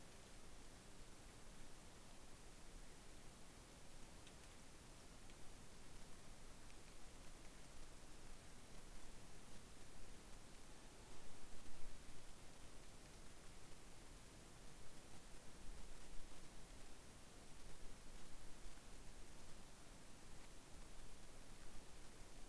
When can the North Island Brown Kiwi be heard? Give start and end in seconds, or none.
none